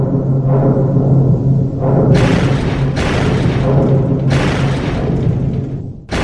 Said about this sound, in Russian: Раздались множественные щелчки, раскаты рокота и лязга десятков закрывающихся дверей.